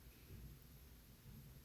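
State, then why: Not seated. A gray-tan plastic washer is lined up on the back post of a safety eye in a crocheted whale toy, and a stray bit of yarn is picked off it before it is pushed home. Quiet, low handling rustle fills the clip, with one brief faint tick at about 0.6 s. Nothing has seated or clicked yet.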